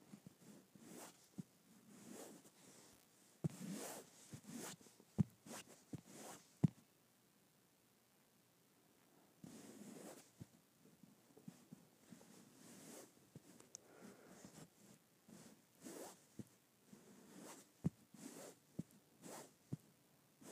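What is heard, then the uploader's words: Fabric stroking: soft brushing swishes in uneven bursts, a few sharp zip-like scratches, and a pause around eight seconds. Fabric Stroking.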